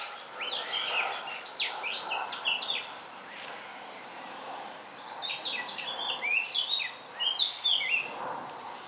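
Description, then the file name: Eurasian blackcap delivering busy, scratchy warbling phrases with sliding high notes, two main bursts separated by a short lull, against noticeable constant background noise. "Sylvia atricapilla"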